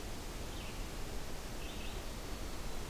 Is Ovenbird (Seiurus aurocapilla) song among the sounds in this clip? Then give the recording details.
no. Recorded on 25 June 2016 at 08:58. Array SBT-6-76